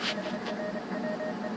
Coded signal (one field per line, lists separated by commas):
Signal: Morse code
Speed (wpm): 29 wpm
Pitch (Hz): 620 Hz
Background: none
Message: HR WE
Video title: 100 MHz upconverter